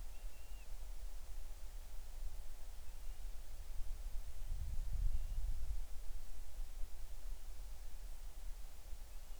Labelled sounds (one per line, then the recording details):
bird
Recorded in the Arctic National Wildlife Refuge, Alaska, on 20 July 2019 at 02:40
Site 38